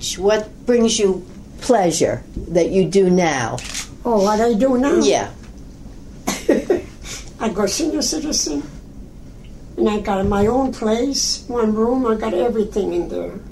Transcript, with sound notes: What brings you pleasure that you do now?
Oh what I do now?
Yeah.
(laughs) I go senior citizen, and I gotta my own place, one room, I got everything in there.